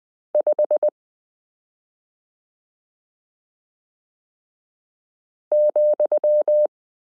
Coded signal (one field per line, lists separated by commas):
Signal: Morse code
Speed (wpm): 20 wpm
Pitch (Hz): 600 Hz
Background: none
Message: 5 ,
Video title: Morse Code Learning Lesson 29 - f (0)zero y (,)comma v g 5 (/)slash q 9 z h 3 8